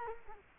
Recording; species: mosquito wingbeat signal from an infrared sensor; Culex quinquefasciatus